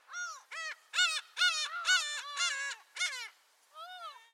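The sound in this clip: Bird honks, loud with rich overtones, come in quick succession, some running together. A brief pause follows, then a final softer, longer honk.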